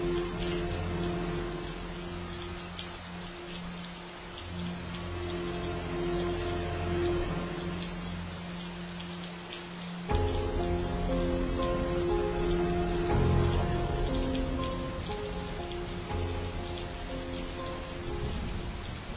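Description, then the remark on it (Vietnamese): Heavy rain pours down in a steady, dense hiss, with sustained low tones droning underneath. About halfway through, the downpour swells louder and fuller. No one speaks. “Thế rồi khi những cơn mưa cứ ầm ầm đổ xuống sẽ cuốn đi tất cả máu chảy xuống cống rãnh, cuốn theo luôn cả một kiếp người.”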